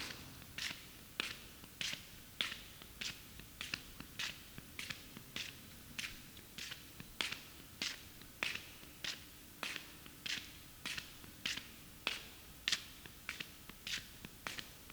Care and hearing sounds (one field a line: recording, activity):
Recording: daily activity, guitar pickup as the sensor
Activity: walk